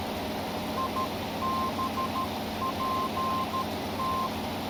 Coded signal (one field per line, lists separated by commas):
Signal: Morse code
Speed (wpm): 13 wpm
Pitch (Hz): 1050 Hz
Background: none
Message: IBPT